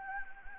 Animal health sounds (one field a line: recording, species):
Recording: mosquito wingbeat signal from an infrared sensor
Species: Anopheles gambiae